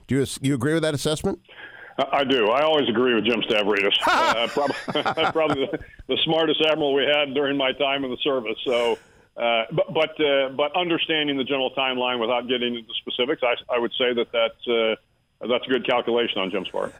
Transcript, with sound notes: Do you agree with that assessment?
I do. I always agree with Jim Stavridis. (laughing) He’s probably the smartest admiral we had during my time in the service, so, but understanding the general’s timeline without getting into specifics, I would say that that’s a good calculation on Jim’s part.